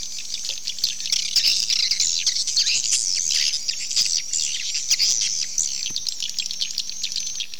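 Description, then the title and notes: Swiftlets twittering in a crowded high chorus, some notes bright and wavering, with light clicks and a low hum beneath. Swiftlet sound used in swiftlet farming in Asia. "Swiflet Bird Sound. Farming Swiflet Bird asia sound"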